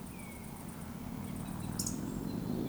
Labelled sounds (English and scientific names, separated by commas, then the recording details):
Eurasian Woodcock (Scolopax rusticola) whistle, Eurasian Woodcock (Scolopax rusticola) croak
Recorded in Baden-Württemberg, Germany, on 23 June 2020 at 20:17 UTC
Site 14569, 102 m above sea level